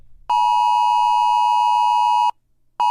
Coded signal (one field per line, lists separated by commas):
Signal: Emergency Alert System (SAME) tones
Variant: 853 and 960 Hz attention tone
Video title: steak survived the national EAS alarm